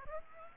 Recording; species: mosquito wingbeat signal from an infrared sensor; Aedes aegypti